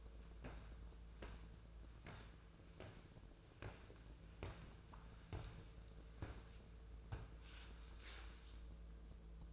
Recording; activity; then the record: daily activity, microphone in the room; walk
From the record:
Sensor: 2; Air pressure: 1005.2 hPa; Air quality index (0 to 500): 100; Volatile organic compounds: 2 ppm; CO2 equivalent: 1215 ppm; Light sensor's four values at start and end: 8/20/8/8 and 7/18/7/7